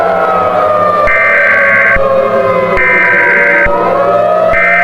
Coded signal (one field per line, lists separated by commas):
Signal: Emergency Alert System (SAME) tones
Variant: header bursts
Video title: EAS Scenario: Black Hole REMASTERED